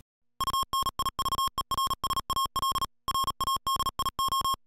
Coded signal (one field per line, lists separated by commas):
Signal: Morse code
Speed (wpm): 37 wpm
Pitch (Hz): 1080 Hz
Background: music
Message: UNIVERSAL RADIO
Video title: Universal-Radio presents the Yaesu FT-991 HF - UHF Transceiver